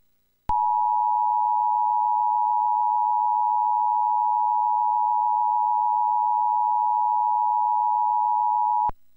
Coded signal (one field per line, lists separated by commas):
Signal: Emergency Alert System (SAME) tones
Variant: 853 and 960 Hz attention tone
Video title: EAS Required Weekly Test For Humboldt, Lander, and Pershing counties in Nevada - Trilithic EASyPLUS